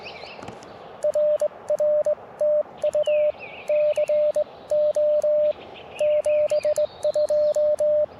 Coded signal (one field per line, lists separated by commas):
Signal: Morse code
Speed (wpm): 20 wpm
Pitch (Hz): 600 Hz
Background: radio noise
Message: RR TU CO 72